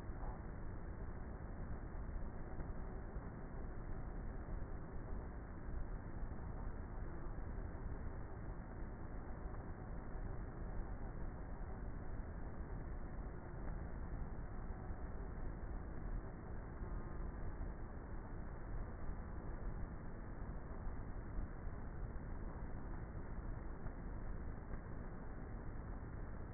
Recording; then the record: honeybee colony, microphone inside the hive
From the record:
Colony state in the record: queenless with a low population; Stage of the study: before two queens were removed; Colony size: about 30,000 bees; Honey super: no